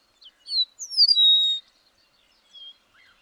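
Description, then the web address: Bird song: a short phrase of high notes, including a bright falling slur into a steady whistled tone, then a faint later whistle and soft chirps. "birdsong 162"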